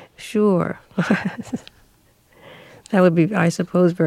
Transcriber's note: laughter